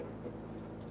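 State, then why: Not seated. A wiring harness connector is being plugged back onto a replacement liftgate door jamb switch on a 2002-2005 Ford Explorer, heard as a steady low hum with faint rustling handling noise. Nothing has seated or clicked yet.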